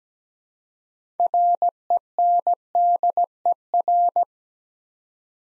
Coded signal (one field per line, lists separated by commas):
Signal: Morse code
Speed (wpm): 17 wpm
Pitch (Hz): 700 Hz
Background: none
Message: RENDER